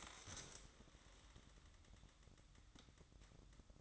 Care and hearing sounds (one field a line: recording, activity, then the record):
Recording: daily activity, microphone in the room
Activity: stand up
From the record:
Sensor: 3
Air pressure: 1005.0 hPa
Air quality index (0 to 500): 86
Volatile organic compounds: 3 ppm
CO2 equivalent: 1331 ppm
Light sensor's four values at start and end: 9/21/9/9 and 9/21/8/8